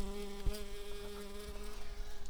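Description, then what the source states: Shrill carder bee humming in a steady, continuous low drone with clear even overtones, with a couple of sharp clicks. Queens.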